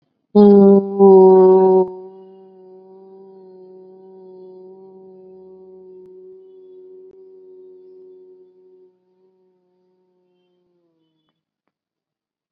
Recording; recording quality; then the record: sustained vowel as in boot; excellent, no background noise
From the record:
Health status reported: COVID-19 positive, mild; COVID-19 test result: positive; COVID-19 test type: RT-PCR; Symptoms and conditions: cough, sore throat, fever, fatigue, muscle pain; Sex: female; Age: 36 years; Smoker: no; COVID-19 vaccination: both doses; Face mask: not worn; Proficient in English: yes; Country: India